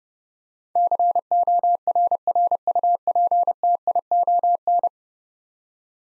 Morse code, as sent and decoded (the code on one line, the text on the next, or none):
-.-. --- .-. .-. ..- .--. - .. --- -.
CORRUPTION